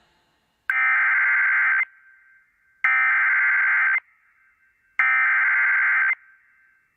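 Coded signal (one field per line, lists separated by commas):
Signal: Emergency Alert System (SAME) tones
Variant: header bursts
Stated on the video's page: SAME tones of Hurricane Florence alerts caught live on weather radio stations KHB31, KEC84, WXL58, WNG706 and FM station WERO-FM.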